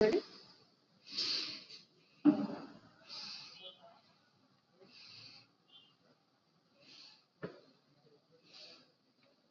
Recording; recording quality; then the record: deep breathing; excellent, no background noise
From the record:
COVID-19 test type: RT-PCR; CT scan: not taken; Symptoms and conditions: none ticked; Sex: female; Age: 27 years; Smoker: no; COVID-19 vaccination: both doses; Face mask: worn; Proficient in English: yes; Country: India